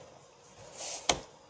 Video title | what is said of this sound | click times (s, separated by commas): How to install a Graphics card | that clicks in now | 1.1 s